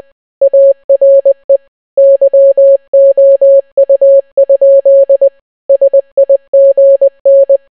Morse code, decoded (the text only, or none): ARE YOU? SIGN